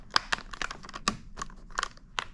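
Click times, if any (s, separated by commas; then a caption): 0.2 s, 0.3 s, 0.6 s, 1.1 s, 1.8 s, 2.2 s. A plastic screen bezel is pressed back onto a Chromebook laptop lid, snapping on with a series of sharp plastic snaps and pops at 0.2, 0.3, 0.6, 1.1, 1.8 and 2.2 seconds. The bezel ends up seated in place on the lid.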